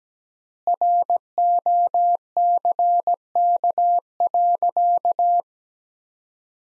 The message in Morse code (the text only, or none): ROCK.